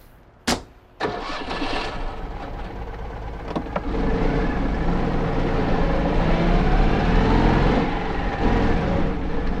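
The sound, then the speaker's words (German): A sharp click and a door thud, then a car engine cranks and starts, settling into a steady rumble that grows louder and fuller as the vehicle pulls away and drives on. “Oh, steig ein. Wir fahren.”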